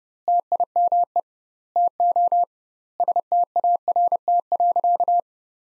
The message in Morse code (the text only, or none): TIME TO START.